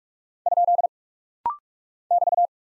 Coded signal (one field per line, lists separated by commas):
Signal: Morse code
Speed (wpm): 43 wpm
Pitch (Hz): 700 Hz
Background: none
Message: ? <BT>